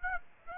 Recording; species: mosquito wingbeat signal from an infrared sensor; Aedes aegypti